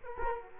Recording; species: mosquito wingbeat signal from an infrared sensor; Culex quinquefasciatus